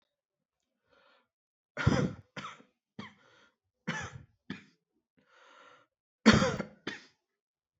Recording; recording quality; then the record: heavy voluntary cough; excellent, no background noise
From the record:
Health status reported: COVID-19 positive, mild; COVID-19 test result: positive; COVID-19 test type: RT-PCR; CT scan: not taken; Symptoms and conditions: cough, cold, sore throat, fatigue, muscle pain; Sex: male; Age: 26 years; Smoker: no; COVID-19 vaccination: both doses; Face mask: not worn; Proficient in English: yes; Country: India